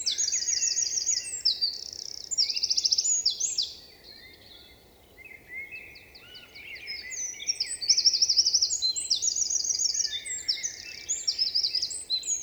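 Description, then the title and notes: Eurasian wren singing two vigorous phrases of fast, high-pitched trills and metallic notes, separated by a short pause. Singing vigorously, asserting its presence to potential rivals; nervous, impressively powerful song; 27 March 2020, Val Maravel; stereo recording with Nagra Seven and MKH8040 microphones. "UN VENT DE TROGLODYTE. 27 mars 2020-Val Maravel. Un Troglodyte mignon (Troglodytes troglodytes) affirme par son chant vigoureux sa présence à tout concurrent potentiel.Chanteur de la forêt son chant nerveux est toujours impressionnant de puissance"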